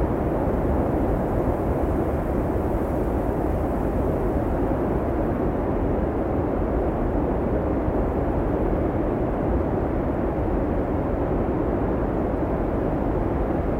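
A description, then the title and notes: Howling wind roars without a break, a thick, steady rush weighted toward the low and middle range, with very little brightness on top. The level holds even throughout, and the upper hiss thins slightly after about five seconds. This authentic recording from the heart of an Icelandic blizzard. Captured overnight during the colossal snowstorm Diddú in Reykjavík, experience the real and untamed sounds of howling winds and swirling snow.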